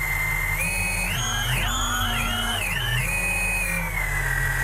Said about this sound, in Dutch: wat je dus net hoorde, is dat gingen onze 4 quad motoren aan